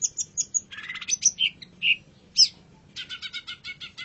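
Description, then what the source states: Long-tailed shrike song, a varied run of high chirps, trills and short whistles, ending in a fast buzzy chatter of repeated notes. Model song used for training birds.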